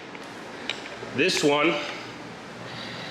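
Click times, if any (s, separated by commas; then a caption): 0.2 s, 0.7 s. A back or middle shelf support for an Ulti-MATE garage cabinet, resting on the laminated particleboard side panel, is wiggled until its connector seats with a short sharp click at 0.2 s and another at 0.7 s. Someone then talks from about 1.2 to 1.9 s.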